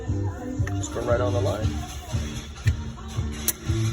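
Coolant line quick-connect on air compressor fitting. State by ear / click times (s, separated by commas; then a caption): seated / 3.5 s. A new coolant line from the oil cooler module to the air compressor on a 2019 Freightliner Cascadia is pushed onto its air compressor fitting while music plays and someone talks. Sharp knocks come at about 0.7 s and 2.7 s, and the quick-connect clicks home at 3.5 s. The line is seated.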